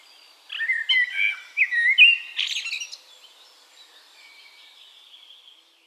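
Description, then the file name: Eurasian blackbird song phrase: a burst of warbled notes lasting about two and a half seconds, ending in a higher twittering flourish, then fainter birdsong behind. "Turdus merula"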